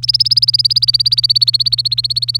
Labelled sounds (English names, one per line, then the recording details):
Domestic Canary song
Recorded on 25 April 2018 at 07:32
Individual llb3